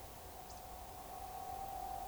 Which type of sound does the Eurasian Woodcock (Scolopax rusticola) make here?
whistle